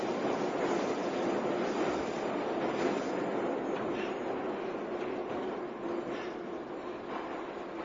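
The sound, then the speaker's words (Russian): A steady, loud roar of a metro train moving through a tunnel lined with cables and lamps, with a low rumble and a broad hiss that hold almost unchanged throughout, easing only slightly toward the end. “упорно смотрела сквозь стекло, за которым неслись черные полосы кабелей, проложенных на стене тоннеля.”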